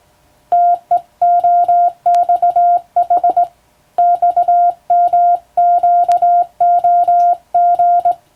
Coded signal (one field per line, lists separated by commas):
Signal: Morse code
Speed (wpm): 21 wpm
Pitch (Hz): 700 Hz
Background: music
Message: TEOXH XMQOG